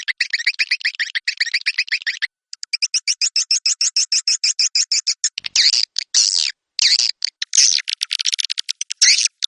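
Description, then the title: Swiftlet calls: rapid rhythmic chirps in a steady run, a brief pause, then more chirps and scratchy buzzing bursts. "Suara Burung Wallet"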